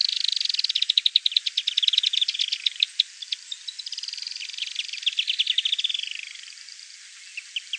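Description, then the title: Firewood-gatherer song: a long, fast chattering trill of sharp notes that slows, then a second quickening series that fades and ends with a few isolated chips. "LuckyPassaro Completos2Sama. Firewood-gatherer (Anumbius annumbi)"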